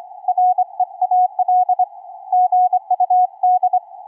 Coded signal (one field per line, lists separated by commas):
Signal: Morse code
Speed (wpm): 23 wpm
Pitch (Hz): 730 Hz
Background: none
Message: REAL GUD